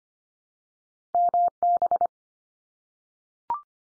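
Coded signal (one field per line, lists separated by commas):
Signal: Morse code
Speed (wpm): 25 wpm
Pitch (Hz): 700 Hz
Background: none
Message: MB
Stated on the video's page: Head-copy drill of Canadian provinces and territories at 25 wpm, each sent, spoken, then sent again.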